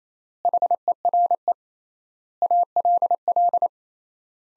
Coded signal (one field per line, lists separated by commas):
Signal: Morse code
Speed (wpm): 28 wpm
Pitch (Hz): 700 Hz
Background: none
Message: HERE ALL